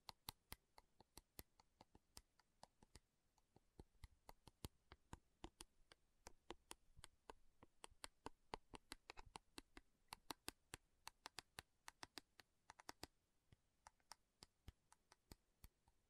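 Slow tapping on metal, sharp bright clicks arriving irregularly two or three per second throughout, some clustered in quick pairs, over quiet background.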